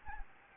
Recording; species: mosquito wingbeat signal from an infrared sensor; Anopheles gambiae